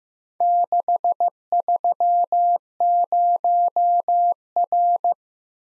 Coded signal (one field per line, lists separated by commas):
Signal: Morse code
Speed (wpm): 15 wpm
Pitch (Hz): 700 Hz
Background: none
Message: 630R